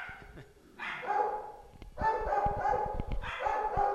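Dogs bark in three loud, drawn-out bursts, each a tonal, mid-pitched cluster of yelps, with brief quieter gaps between them.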